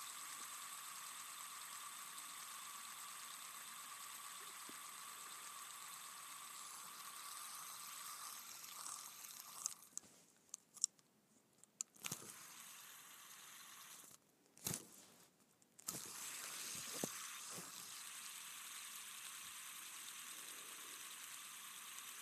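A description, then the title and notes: A fidget spinner whirs with a steady, even hum and a bright hiss over it. Around the middle it breaks off into silence, with sharp clicks and short taps as it is flicked again, then the smooth whir picks back up and holds. ASMR Spinning a Fidget Spinner.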